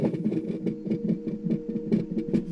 Just this heartbeat. Sound she recorded on her cell phone. Baby's hearts beat super, super fast, so it sounds like a rabbit or something.